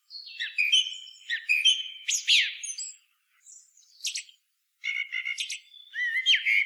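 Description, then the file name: Eurasian blackbird singing fluty warbled phrases mixed with high squeaky twitters, broken by short pauses. "Turdus merula"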